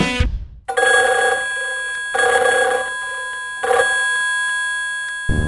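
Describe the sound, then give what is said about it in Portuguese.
A telephone rings in three loud, bright metallic bursts with a sustained electronic tone hanging between them, ending in a short thump; no one speaks. “E pra falar com o Napi, pegou o telefone.”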